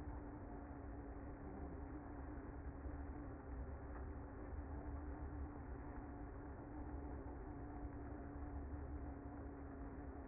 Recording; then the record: honeybee colony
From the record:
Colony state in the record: active